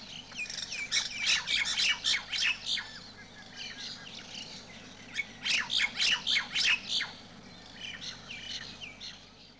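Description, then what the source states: Parrots squawking in harsh, grating bursts of rapid notes, in waves with brief lulls between them. South America.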